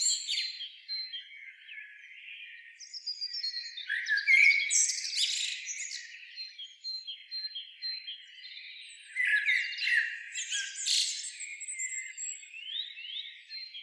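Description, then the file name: Eurasian blackbird song: busy stretches of warbled and twittering phrases, with louder bursts near four and ten seconds. "Turdus merula"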